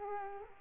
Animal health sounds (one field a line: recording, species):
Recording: mosquito wingbeat signal from an infrared sensor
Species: Culex quinquefasciatus